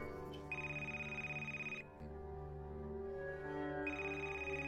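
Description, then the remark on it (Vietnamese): A telephone rings with a steady electronic tone that cuts off briefly and then resumes, layered over a low, constant musical hum with no talking. “Bác Toàn vừa tắt máy cuộc gọi với thầy ba thì điện thoại lần nữa đổ chuông.”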